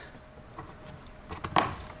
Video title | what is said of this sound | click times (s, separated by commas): How to fix your broken window regulators - BMW E46 | just snap into place just like | 1.6 s